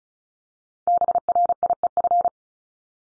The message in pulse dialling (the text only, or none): none